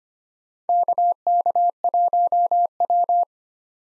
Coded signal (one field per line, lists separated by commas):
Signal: Morse code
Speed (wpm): 25 wpm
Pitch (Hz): 700 Hz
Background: none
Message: KK1W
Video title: 2023 SOTA Chaser Call Signs - 25wpm